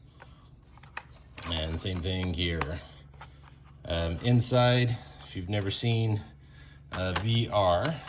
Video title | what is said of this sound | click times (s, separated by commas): Meta Quest 3S Unboxing & First Impressions - What You Get | and then it just snaps back in place. | 1.0 s